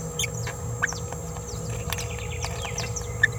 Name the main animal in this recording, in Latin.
Forpus passerinus